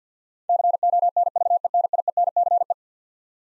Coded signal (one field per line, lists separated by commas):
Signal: Morse code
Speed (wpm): 50 wpm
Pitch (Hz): 700 Hz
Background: none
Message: CONVENIENCE